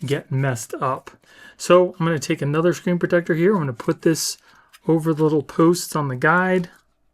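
Someone talks while handling another ESR Armorite Pro tempered glass screen protector for an iPhone 17 Pro Max, getting ready to set it over the small posts on the plastic installation guide tray. The clip ends before it is pressed down, so nothing has seated or snapped in place yet.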